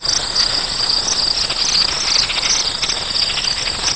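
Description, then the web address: Insects, a dense, continuous high-pitched buzzing with a fast pulsing shimmer, steady throughout with no pauses. "anasyn caracalla thesis mcderm imp insects"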